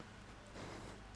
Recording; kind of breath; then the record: one breath in and out by a microphone near the nose and mouth; strong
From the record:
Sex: male